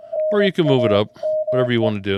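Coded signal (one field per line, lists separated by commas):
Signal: Morse code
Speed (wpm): 19 wpm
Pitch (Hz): 620 Hz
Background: speech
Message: NAME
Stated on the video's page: Hermes Lite 2 SDR HF transceiver controlled by Thetis software.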